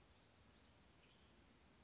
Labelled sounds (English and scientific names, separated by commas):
Chestnut-backed Chickadee (Poecile rufescens)